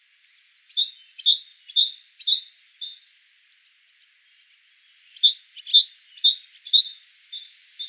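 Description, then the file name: Great tit singing high two-note phrases, upper note then lower, several in a row, a short pause, then another run of the same phrases. "Parus major"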